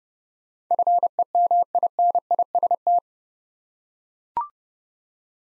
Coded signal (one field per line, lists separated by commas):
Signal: Morse code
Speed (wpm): 30 wpm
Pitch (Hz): 700 Hz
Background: none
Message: FEMINIST